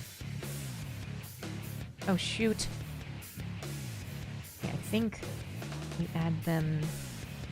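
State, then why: Not seated. A small plastic missile launcher piece is handled over a robot model while guitar music plays and someone talks. There is a brief louder sound around 1.4 s, but the piece has not yet snapped into place and nothing has seated or clicked.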